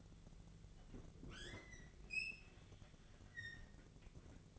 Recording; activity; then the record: daily activity, microphone in the room; open fridge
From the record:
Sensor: 4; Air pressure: 1000.8 hPa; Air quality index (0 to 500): 132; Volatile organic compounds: 2 ppm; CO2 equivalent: 987 ppm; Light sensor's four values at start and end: 25/61/25/27 and 24/57/24/25